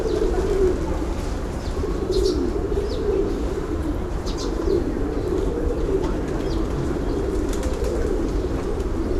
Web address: boom library Urban and Suburban Urban park day pigeons people